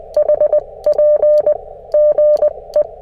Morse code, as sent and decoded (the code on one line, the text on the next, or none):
.... .--. / --. .
HP GE